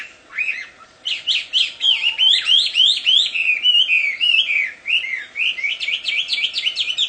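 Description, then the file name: Chinese hwamei pouring out a fast, continuous song of bright whistled notes, sliding up and down in varied phrases, barely pausing for seven seconds. Wild bird in its natural habitat. "audio kicauan burung hwamei di alam liar. omkicau"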